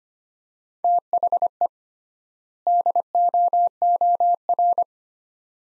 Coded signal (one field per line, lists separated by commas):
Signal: Morse code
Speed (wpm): 25 wpm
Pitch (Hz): 700 Hz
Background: none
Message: THE DOOR